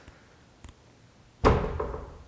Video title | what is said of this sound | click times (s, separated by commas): Construction Of A Luxury Kitchen | snaps right into place like that | 1.8 s